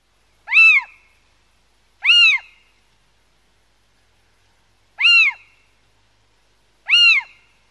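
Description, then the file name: Little owl giving loud, harmonic mewing calls that rise then fall, four in total with irregular gaps of one to three seconds, against silence. "mocho galego"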